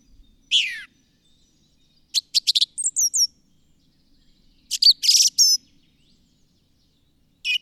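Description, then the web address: Bird song with a steep downslurred note, rapid clicking notes, high whistled slurs and a dense chattering burst, separated by short silences. "madarak enek"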